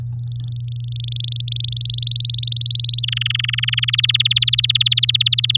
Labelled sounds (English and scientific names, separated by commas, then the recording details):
Domestic Canary (Serinus canaria) song
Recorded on 9 May 2018 at 12:17
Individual llb16